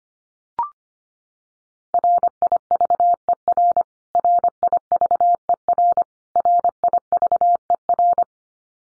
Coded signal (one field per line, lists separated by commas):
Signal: Morse code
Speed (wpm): 25 wpm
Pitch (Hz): 700 Hz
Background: none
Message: RIVER RIVER RIVER